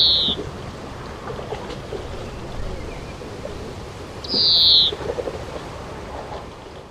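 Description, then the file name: European greenfinch: a clipped wheeze at the start, then one long, buzzy, downslurred wheeze a few seconds later. "Chloris chloris"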